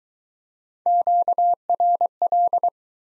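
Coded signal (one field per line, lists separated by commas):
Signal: Morse code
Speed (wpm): 23 wpm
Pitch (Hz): 700 Hz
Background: none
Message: QRL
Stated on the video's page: Morse practice at 17wpm in Speed-Racing format, starting at 1.5 times base speed and slowing; final repeat at maximum speed.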